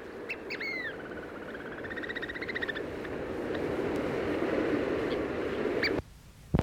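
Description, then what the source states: Chatham Island oystercatcher giving a few sharp whistled notes, then a soft trilled run that rises and falls in pitch, followed by rushing noise and a few clicks. Chatham Islands; described as song.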